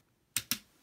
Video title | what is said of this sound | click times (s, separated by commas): Tomica Hyper Rescue Drive Head Transporter Gaia Review | hear a little click and like | 0.4 s